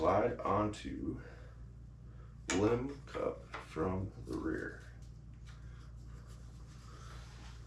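Someone talks while a folding bow stand leg accessory is slid onto a compound bow's limb cup from the rear, with soft handling sounds and quiet rustling in between. The legs are about to be closed so they lock into place, but nothing has seated or clicked yet.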